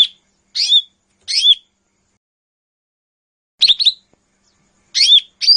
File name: cucak hijau mini. omkicau